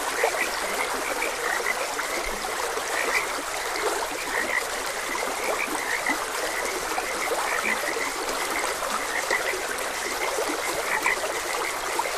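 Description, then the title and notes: Frogs give brief chirpy croaks at irregular moments while a stream flows steadily underneath. Frogs croaking beside a gentle stream. "Frogs Croaking. Sleep and Relaxation Podcast"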